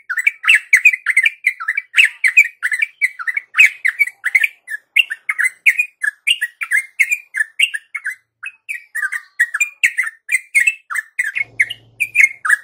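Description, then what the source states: Yellow-vented bulbul delivers an extended, relentless series of chattering, warbled notes, closely spaced and varying slightly in pitch. Tutor recording for training other birds; a champion bird's 'tembakan' song style.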